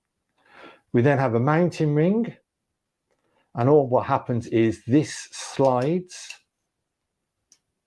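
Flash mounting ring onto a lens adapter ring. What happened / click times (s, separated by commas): The ring is being handled but has not clicked home yet / none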